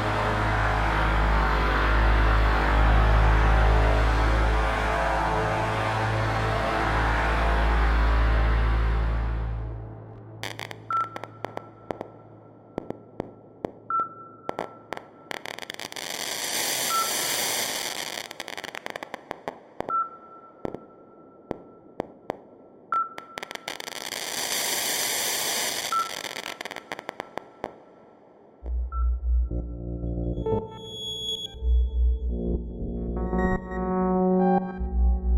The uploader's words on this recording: A selection of some of the noise scenes generated algorithmically for the "Cluster" light and sound installation. Sound is generated by analising pixels in a video, and transforming pixel luminance into amplitude of partials, or frequency of a band-pass filter bank applied to white noise.